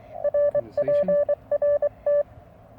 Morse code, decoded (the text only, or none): RPRT